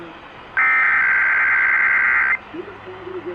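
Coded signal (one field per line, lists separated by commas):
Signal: Emergency Alert System (SAME) tones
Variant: header bursts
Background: speech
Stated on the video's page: Required monthly test received on broadcast radio in San Francisco.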